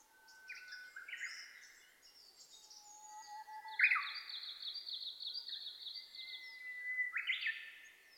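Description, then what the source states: Japanese bush warbler singing: long steady whistled notes and a loud rising sweep. Recorded 27 May 2007 at 05:46.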